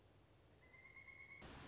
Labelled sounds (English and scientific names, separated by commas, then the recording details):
Pileated Woodpecker (Dryocopus pileatus)
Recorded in Sonoma County, California